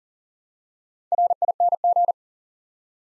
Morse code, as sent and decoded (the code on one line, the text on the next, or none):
.-. .. -. --.
RING